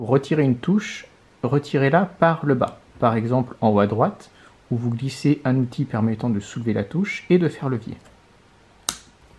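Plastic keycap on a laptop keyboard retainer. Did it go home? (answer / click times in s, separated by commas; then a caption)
released / 8.9 s. Someone talks while a thin tool is slid under a plastic keycap on a MacBook Pro laptop keyboard from the bottom and twisted. At 8.9 s the keycap's lower clips let go of the retainer with a sharp snap, and the key comes off easily.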